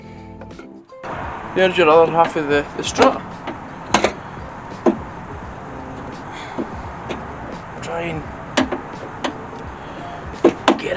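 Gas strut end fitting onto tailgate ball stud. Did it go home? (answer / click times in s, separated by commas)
yes / 10.7 s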